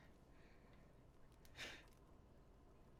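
A RAM module is pushed into a motherboard DIMM slot, and only a faint, soft hit is heard around 1.5 seconds over a low steady hiss. There is no clear latch click, so the module has not audibly clicked into place yet.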